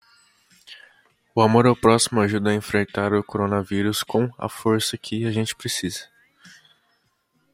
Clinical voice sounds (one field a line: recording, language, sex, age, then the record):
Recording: spoken sentence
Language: Brazilian Portuguese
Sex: male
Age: 20 to 29 years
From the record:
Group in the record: control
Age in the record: 21 years